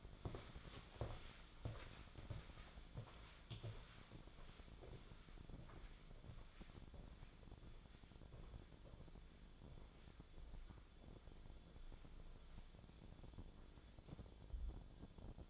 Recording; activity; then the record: daily activity, microphone in the room; walk to room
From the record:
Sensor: 5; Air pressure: 1010.2 hPa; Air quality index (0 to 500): 140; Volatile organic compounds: 3 ppm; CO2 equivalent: 1368 ppm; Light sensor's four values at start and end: 304/697/311/360 and 281/699/294/322